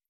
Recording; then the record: hydrophone in a shrimp aquaculture tank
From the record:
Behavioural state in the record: stressed